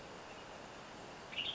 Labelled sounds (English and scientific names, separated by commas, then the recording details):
Western Tanager (Piranga ludoviciana)
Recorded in Sonoma County, California